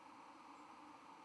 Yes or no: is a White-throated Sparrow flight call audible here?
no